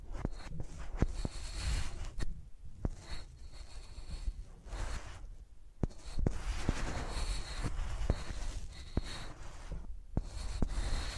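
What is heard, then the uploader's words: Scratchy scraping and rubbing, like microphones used as pencils, drags across a surface in irregular strokes with brief pauses between them. Sharp ticks and taps land every second or so, and a thin whistling tone comes and goes high above the scratching. Using Mics as Pencils (No Talking).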